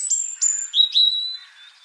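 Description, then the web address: European robin: high, thin drawn-out whistles followed by a sharper note and a long, sweet sustained tone that fades away. "SETE data Erithacus rubecula"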